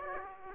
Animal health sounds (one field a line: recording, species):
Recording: mosquito wingbeat signal from an infrared sensor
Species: Aedes aegypti